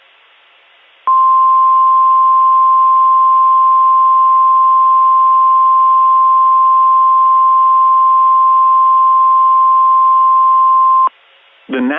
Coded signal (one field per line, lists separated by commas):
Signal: Emergency Alert System (SAME) tones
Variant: 1050 Hz attention tone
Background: speech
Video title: EAS Scenario Deleted Scenes: The Freezing One (Part 1)